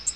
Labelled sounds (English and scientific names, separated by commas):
Nashville Warbler (Leiothlypis ruficapilla) flight call